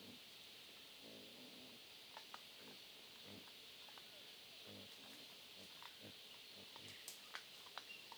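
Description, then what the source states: Wild boar giving low, soft grunts in short harmonic bursts throughout, with sharp cracking clicks and a steady high drone behind. Family group of wild boars feeding on acorns in Huairou District, recorded 11 August 2022.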